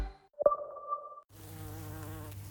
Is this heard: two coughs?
no